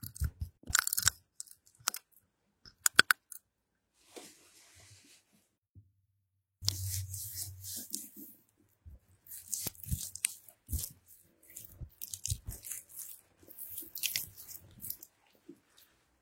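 Shaving: short, crisp scraping strokes of a razor across stubble, coming in bursts with brief pauses. Around four seconds a soft hiss passes, and from about seven seconds a low hum joins denser, steadier rasping that continues to the end.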